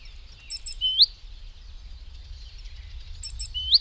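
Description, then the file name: Great tit call phrases, a pair of sharp high ticks leading into a bright rising whistle, heard twice against a constant high-pitched background hiss. "Parus major"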